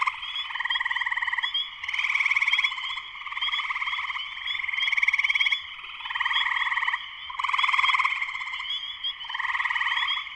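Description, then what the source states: Many spring peepers peeping at once, bright short notes above steady buzzing trills that pulse louder and softer in regular swells. Spring peepers in full chorus shortly after sunset, Sleeping Bear Dunes National Lakeshore, northern Michigan, USA.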